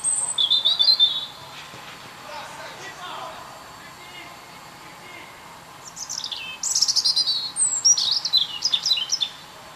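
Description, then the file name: European robin singing a high, tinkling phrase, then a pause of several seconds, then a longer burst of rapid, thin descending notes and trills. "Erithacus rubecula"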